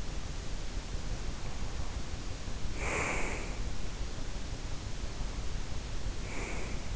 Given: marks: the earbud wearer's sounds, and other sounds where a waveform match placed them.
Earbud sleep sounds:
sounds in sleep by an in-ear microphone; breath
1.42-3.66 s: breath
6.07-6.95 s: breath

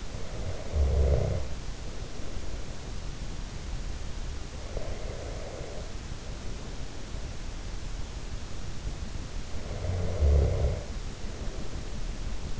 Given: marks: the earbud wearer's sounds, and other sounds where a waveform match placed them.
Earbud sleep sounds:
sounds in sleep by an in-ear microphone; snoring breath, breath
0.00-2.38 s: snoring breath
4.38-7.63 s: breath
9.68-12.60 s: snoring breath

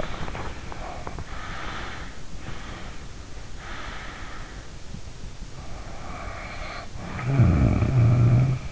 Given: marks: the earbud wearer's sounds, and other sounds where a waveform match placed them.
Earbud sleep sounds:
sounds in sleep by an in-ear microphone; breath, snoring breath
0.50-2.26 s: breath
2.60-4.47 s: breath
5.90-8.72 s: snoring breath

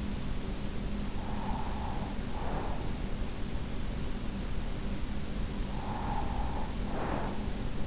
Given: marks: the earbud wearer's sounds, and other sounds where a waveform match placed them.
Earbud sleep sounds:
sounds in sleep by an in-ear microphone; breath
0.99-3.24 s: breath
5.33-7.87 s: breath

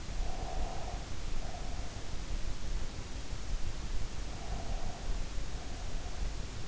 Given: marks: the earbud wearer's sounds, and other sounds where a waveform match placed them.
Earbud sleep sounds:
sounds in sleep by an in-ear microphone; breath
0.03-2.07 s: breath
4.20-6.30 s: breath

